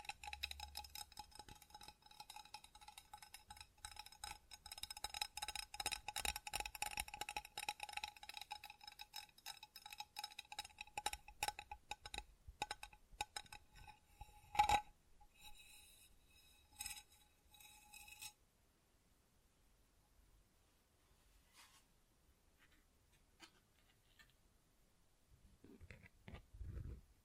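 Tapping and scratching on textured surfaces, a dense run of crisp ticks and a steady tone that stop near eighteen seconds, leaving sparse faint taps.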